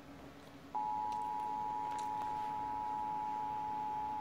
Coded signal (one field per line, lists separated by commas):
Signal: Emergency Alert System (SAME) tones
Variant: 853 and 960 Hz attention tone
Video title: TV EAS #21 National Periodic Test